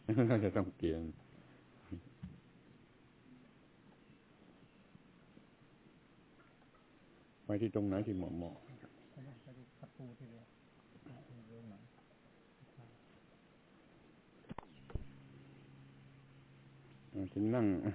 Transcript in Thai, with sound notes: น่าจะต้องเปลี่ยนไปที่ตรงไหนที่เหมาะๆ (เสียงท่านพุทธทาส) ทีนี้นั่ง